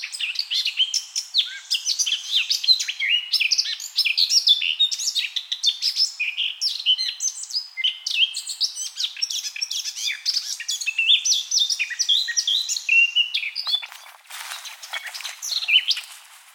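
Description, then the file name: Eurasian blackcap song: a long, busy stream of mixed chirps, trills and slurred whistles, followed near the end by a few seconds of noise bursts. "Sylvia atricapilla"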